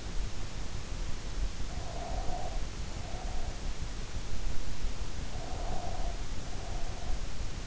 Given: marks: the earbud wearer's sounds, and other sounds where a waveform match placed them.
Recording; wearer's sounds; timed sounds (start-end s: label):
sounds in sleep by an in-ear microphone; breath
1.65-3.63 s: breath
5.32-7.34 s: breath